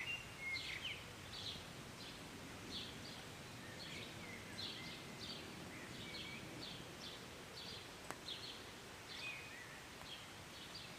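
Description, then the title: Birds chirping in brisk high notes, a few longer whistled notes mixed in, over rain-like hiss and a single sharp click. Birds singing and chirping in short morning rain, recorded on a city balcony on a Sunday morning. "Rainy Morning with Birds Chirping"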